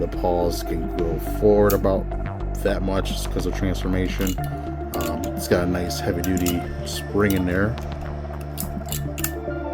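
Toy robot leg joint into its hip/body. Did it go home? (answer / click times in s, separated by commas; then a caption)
yes / 9.2 s. The plastic leg of a robot toy is pushed against a heavy-duty internal spring while someone talks over background music, and several sharp clicks follow. The leg locks into place at its hip at 9.2 seconds.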